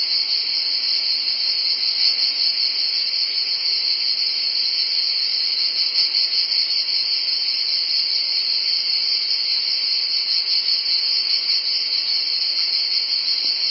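Cicadas buzzing in a steady, unbroken high drone that holds the same pitch from start to finish, with a fainter lower hum band beneath and no other clear sounds.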